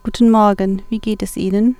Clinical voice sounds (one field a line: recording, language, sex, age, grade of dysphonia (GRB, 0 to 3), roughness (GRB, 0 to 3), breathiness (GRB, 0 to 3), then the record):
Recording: spoken sentence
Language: German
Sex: female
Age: 30 to 39 years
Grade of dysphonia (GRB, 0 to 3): 0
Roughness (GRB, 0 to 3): 0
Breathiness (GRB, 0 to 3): 0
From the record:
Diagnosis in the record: healthy voice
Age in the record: 32 years